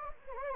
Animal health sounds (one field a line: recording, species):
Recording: mosquito wingbeat signal from an infrared sensor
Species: Anopheles gambiae